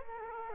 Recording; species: mosquito wingbeat signal from an infrared sensor; Culex quinquefasciatus